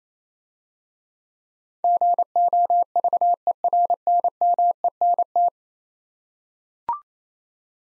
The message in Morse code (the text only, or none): GOVERNMENT